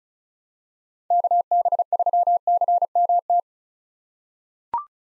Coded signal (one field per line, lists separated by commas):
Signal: Morse code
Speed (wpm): 34 wpm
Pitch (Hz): 700 Hz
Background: none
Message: KB3CMT